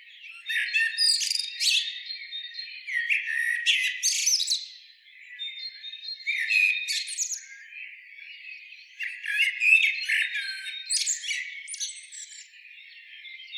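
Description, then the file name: Common blackbird singing in repeated phrases: warbles run into squeaky, chattering high notes. "Turdus merula"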